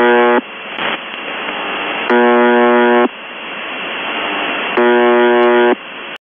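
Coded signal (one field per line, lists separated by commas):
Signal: numbers station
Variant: UVB-76 (The Buzzer)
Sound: three harsh low buzzes about a second each, separated by radio hiss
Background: radio static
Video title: The Buzzer/UVB-76(4625Khz) July 10, 2021 13:03UTC Voice message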